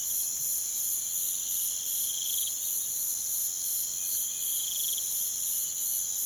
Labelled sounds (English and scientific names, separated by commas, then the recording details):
none
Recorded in pastures near Puerto Asís, Putumayo, Colombia, on 23 June 2025 at 05:00
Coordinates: 0.486, -76.323
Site H29